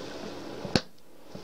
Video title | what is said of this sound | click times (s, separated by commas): How to Remove Bezel from SEIKO SKX Watch - How to Fix Stuck Bezel | and just apply a little pressure with a palm until you hear a click. | 0.8 s